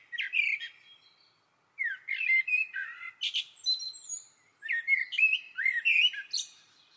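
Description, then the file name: Common blackbird song: fluty warbled phrases mixed with high squeaky twitters, three phrases with short pauses between them. "Turdus merula"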